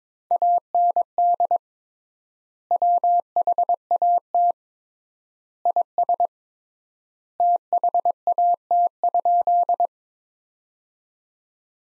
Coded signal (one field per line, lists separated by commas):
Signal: Morse code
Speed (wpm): 22 wpm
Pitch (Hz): 700 Hz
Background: none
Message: AND WHAT IS THAT?